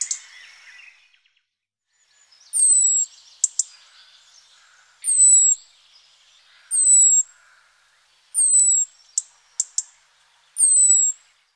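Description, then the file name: European robin giving thin, high, drawn-out whistled calls about every two seconds, each falling in pitch, with a few sharp ticking notes between them. "Rougegorge"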